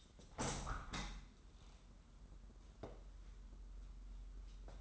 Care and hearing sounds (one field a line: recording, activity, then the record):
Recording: daily activity, microphone in the room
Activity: open window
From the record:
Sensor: 3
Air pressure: 994.3 hPa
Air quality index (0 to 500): 204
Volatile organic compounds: 1000 ppm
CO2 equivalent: 6838 ppm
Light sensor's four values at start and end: 93/220/89/81 and 99/234/94/87